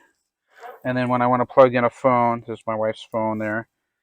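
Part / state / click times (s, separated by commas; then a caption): USB charging cable plug into phone port / not seated / none. A USB charging cable, routed through a cable clip inside a Subaru BRZ, is handled as it is brought toward a phone's charging port while someone talks throughout. The plug has not popped into the port yet, and nothing has seated or clicked by the end of the clip.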